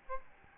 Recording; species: mosquito wingbeat signal from an infrared sensor; Aedes albopictus